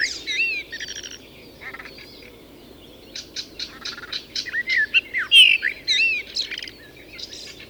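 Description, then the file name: Common blackbird with mellow whistled notes and scratchy high twitters, phrases coming in bursts with quieter stretches between. "Turdus merula"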